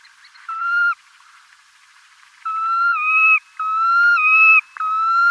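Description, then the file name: Red knot giving a short whistled note, then after a quiet gap a few long, pure whistled notes, some with a small downward step. "Pesochnik islandskij"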